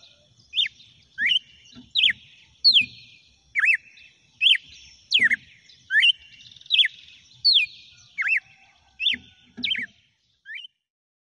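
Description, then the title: Red-cowled cardinal song: a steady run of short, bright, sliding whistled notes, roughly one every second or faster, with soft low knocks underneath. "Galo De Campina"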